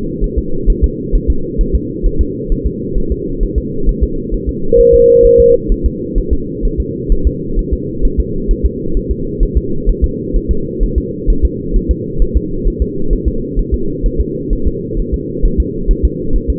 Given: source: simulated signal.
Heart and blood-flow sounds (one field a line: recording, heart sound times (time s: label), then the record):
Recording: fetal heart sounds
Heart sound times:
0.24 s: S1
0.38 s: S2
0.70 s: S1
0.84 s: S2
1.15 s: S1
1.30 s: S2
1.61 s: S1
1.75 s: S2
2.06 s: S1
2.21 s: S2
2.52 s: S1
2.67 s: S2
2.98 s: S1
3.12 s: S2
3.43 s: S1
3.58 s: S2
3.89 s: S1
4.03 s: S2
4.34 s: S1
4.49 s: S2
4.80 s: S1
4.94 s: S2
5.25 s: S1
5.40 s: S2
5.72 s: S1
5.86 s: S2
6.18 s: S1
6.33 s: S2
6.65 s: S1
6.80 s: S2
7.12 s: S1
7.27 s: S2
7.59 s: S1
7.73 s: S2
8.05 s: S1
8.20 s: S2
8.51 s: S1
8.66 s: S2
8.97 s: S1
9.11 s: S2
9.43 s: S1
9.57 s: S2
9.89 s: S1
10.04 s: S2
10.36 s: S1
10.51 s: S2
10.83 s: S1
10.98 s: S2
11.30 s: S1
11.45 s: S2
11.76 s: S1
11.91 s: S2
12.22 s: S1
12.37 s: S2
12.68 s: S1
12.82 s: S2
13.13 s: S1
13.28 s: S2
13.59 s: S1
13.74 s: S2
14.06 s: S1
14.21 s: S2
14.53 s: S1
14.68 s: S2
15.00 s: S1
15.14 s: S2
15.45 s: S1
15.60 s: S2
15.91 s: S1
16.05 s: S2
16.36 s: S1
16.50 s: S2
From the record:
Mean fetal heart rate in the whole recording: 130 bpm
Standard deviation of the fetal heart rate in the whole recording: 4 bpm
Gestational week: 38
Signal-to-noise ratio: -8.1 dB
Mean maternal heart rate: 72 bpm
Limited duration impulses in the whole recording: present